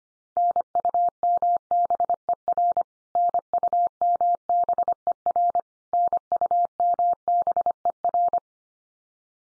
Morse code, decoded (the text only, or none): NUMBER NUMBER NUMBER